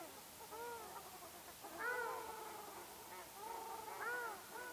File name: Ruddy shelduck